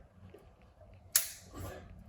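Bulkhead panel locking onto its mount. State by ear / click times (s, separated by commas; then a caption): not seated / none. A bulkhead panel is pushed up into place to lock onto its mount, and a single sharp knock rings out at about 1.2 s over a quiet background. The lock fails to catch, and nothing has seated or clicked yet.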